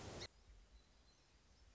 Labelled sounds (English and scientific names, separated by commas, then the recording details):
Song Sparrow (Melospiza melodia)
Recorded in Sonoma County, California